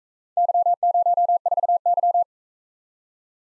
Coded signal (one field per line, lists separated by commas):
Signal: Morse code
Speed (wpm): 42 wpm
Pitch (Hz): 700 Hz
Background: none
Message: Y04Y